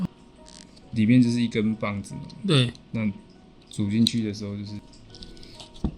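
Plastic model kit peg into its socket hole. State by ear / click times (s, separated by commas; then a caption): not seated / none. A plastic model kit part with a peg is being test-fitted into its enlarged socket, with a small curve left in the socket so the peg should snap in when the fit is right. Someone talks while a few faint handling clicks and rattles are heard near the start and again near the end. The part has not been pushed home yet, and nothing has seated or snapped.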